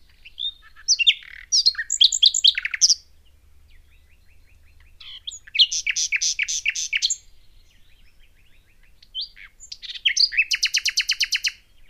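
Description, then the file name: Common nightingale song in three bursts separated by pauses, mixing varied chirps and whistles with rapid rattling trills of repeated notes; a faint low hum underneath. "Luscinia megarhynchos"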